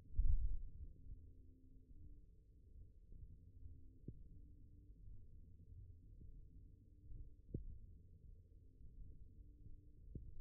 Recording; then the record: forearm muscle sounds (acoustic myography)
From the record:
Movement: thumb flexion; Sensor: system 1, eight BSWA MPA416 microphones around the upper forearm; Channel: 5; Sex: male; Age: 23 years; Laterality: right